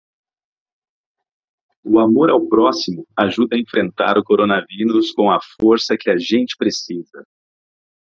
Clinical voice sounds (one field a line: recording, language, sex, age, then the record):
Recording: spoken sentence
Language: Brazilian Portuguese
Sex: male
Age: 30 to 39 years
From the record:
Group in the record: control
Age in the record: 39 years